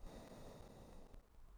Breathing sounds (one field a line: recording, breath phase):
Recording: one breath near a microphone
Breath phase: exhalation